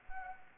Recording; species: mosquito wingbeat signal from an infrared sensor; Anopheles arabiensis